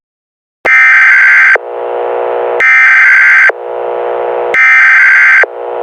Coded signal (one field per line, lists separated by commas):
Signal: Emergency Alert System (SAME) tones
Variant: header bursts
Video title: Severe life threat eas simulation